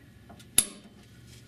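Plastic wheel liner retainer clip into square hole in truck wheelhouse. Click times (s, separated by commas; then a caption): 0.6 s. A plastic wheel liner retainer clip is pushed into a square hole in the wheelhouse sheet metal of a 2015 Silverado truck, with an original GM liner. After a faint tap at 0.3 s, one sharp, bright snap rings out at 0.6 s and quickly fades. The clip is seated in the hole.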